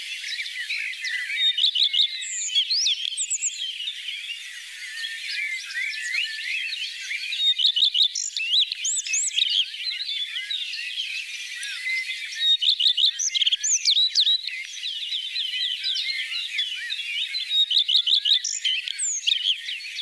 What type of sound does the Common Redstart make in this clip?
song